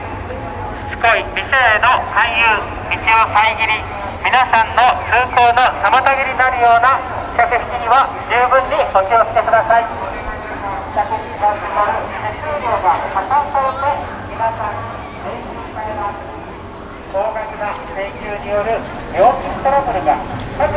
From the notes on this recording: Field-recorded at Kabuki-cho and Golden-Gai street in Shinjuku, Tokyo.